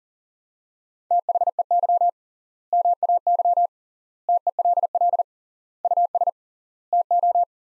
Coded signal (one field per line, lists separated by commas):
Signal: Morse code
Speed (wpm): 40 wpm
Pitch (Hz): 700 Hz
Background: none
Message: THEY MAY TELL US TO